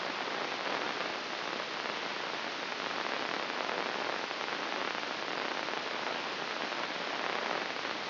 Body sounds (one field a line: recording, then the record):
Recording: brain microelectrode recording played as sound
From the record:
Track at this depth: inside the subthalamic nucleus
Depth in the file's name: 2.348 mm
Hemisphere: right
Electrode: 2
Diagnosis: Parkinson's disease